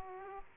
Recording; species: mosquito wingbeat signal from an infrared sensor; Aedes aegypti